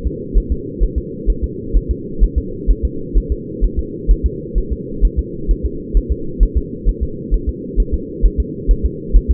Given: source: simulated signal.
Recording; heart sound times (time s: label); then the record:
fetal heart sounds
0.07 s: S2
0.38 s: S1
0.52 s: S2
0.83 s: S1
0.98 s: S2
1.30 s: S1
1.44 s: S2
1.77 s: S1
1.91 s: S2
2.23 s: S1
2.38 s: S2
2.71 s: S1
2.85 s: S2
3.17 s: S1
3.32 s: S2
3.64 s: S1
3.79 s: S2
4.11 s: S1
4.26 s: S2
4.58 s: S1
4.72 s: S2
5.05 s: S1
5.19 s: S2
5.51 s: S1
5.66 s: S2
5.97 s: S1
6.12 s: S2
6.43 s: S1
6.58 s: S2
6.89 s: S1
7.03 s: S2
7.34 s: S1
7.49 s: S2
7.80 s: S1
7.94 s: S2
8.25 s: S1
8.40 s: S2
8.71 s: S1
8.85 s: S2
9.16 s: S1
9.31 s: S2
From the record:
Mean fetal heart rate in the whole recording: 130 bpm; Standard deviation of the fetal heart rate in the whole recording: 2 bpm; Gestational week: 36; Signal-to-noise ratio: -4.3 dB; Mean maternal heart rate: 72 bpm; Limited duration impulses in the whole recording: absent